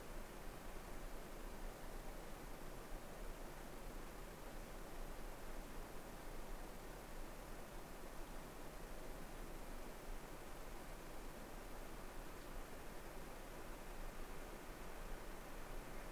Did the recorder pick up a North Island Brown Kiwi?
no